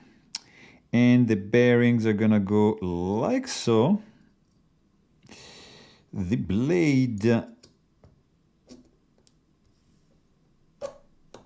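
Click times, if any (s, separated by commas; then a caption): 11.3 s. During reassembly of a Berg Blades Sweeney folding pocketknife after its bearings are oiled, the steel blade is swung open into its handle lock while someone talks. A short, sharp click at 11.3 s marks the lock catching, and the blade locks open in place.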